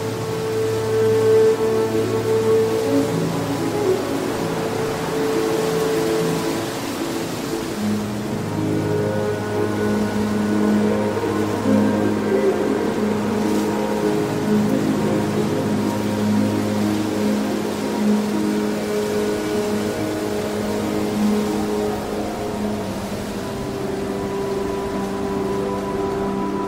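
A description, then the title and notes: Steady wind hiss runs throughout beneath slow, sustained violin notes that hold and shift gently, with a low tone underneath. Relaxing wind sounds with relaxing violin music.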